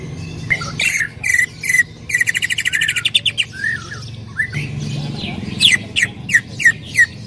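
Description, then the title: Greater green leafbird calls: quick downslurred chips, a fast buzzy rattling trill, then more separate ringing chips toward the end, over a low background hum. Female calling to a male, very vocal. "CUCAK IJO BETINA GACOR HIPER MEMANGGIL JANTAN"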